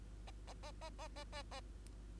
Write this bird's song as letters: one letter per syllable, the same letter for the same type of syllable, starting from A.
A A A A A A A A